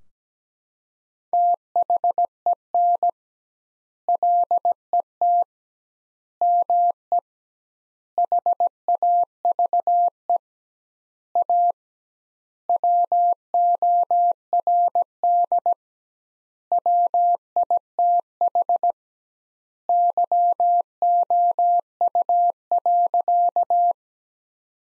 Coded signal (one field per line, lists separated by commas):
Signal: Morse code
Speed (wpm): 17 wpm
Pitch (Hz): 700 Hz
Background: none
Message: THEN LET ME HAVE A WORD WITH YOU.